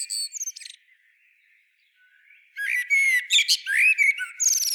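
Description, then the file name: Common blackbird song: a twittering phrase ends early, then after a quiet pause a dense run of warbled, buzzy and chattering notes fills the rest. "Turdus merula"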